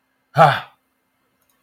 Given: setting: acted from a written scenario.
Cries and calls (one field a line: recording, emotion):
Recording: vocal sound without words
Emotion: anger